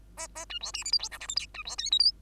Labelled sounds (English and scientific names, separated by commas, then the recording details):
Bengalese Finch (Lonchura striata domestica) song
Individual Bird2